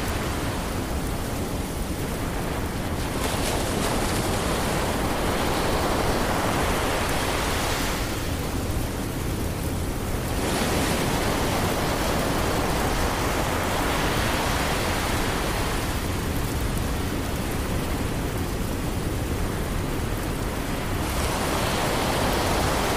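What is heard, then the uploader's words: Ocean waves wash in a constant dense roar, swelling and easing slowly every several seconds, with a steady hiss of gentle rain throughout. Ocean Waves and Gentle Rain White Noise.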